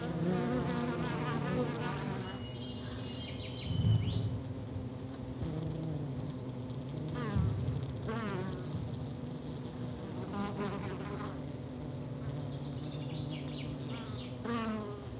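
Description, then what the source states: Many bees buzzing in a steady continuous drone, with individual bees' pitch rising and falling as they pass. Many bees, countryside.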